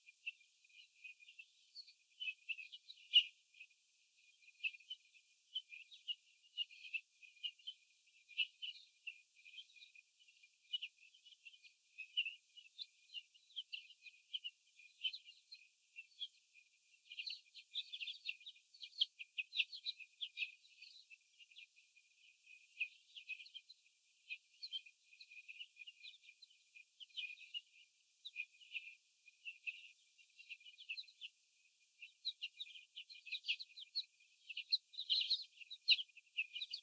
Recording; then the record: young laying hens in a cage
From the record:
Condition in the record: after the stressor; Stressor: sudden umbrella opening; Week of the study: 3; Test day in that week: 2